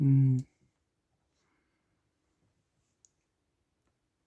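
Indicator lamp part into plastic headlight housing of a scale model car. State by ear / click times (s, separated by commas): seated / 3.1 s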